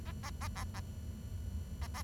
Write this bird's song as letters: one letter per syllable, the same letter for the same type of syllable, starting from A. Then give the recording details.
A A A A A A A. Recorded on 23 June 2012 at 11:05. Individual gr41rd51